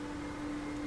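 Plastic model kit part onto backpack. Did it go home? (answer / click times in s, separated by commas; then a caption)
no / none. A plastic part for one side of a Bandai MG Sazabi Ver. Ka model kit backpack is handled as it is brought to its peg. A steady low hum and faint broadband noise run through the clip, with no sharp transients. Nothing has seated or clicked yet.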